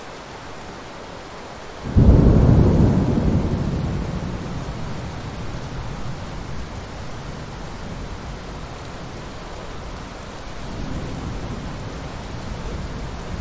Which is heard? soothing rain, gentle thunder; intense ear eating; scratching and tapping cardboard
soothing rain, gentle thunder